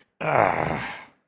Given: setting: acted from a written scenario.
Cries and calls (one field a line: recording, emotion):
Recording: vocal sound without words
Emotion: pain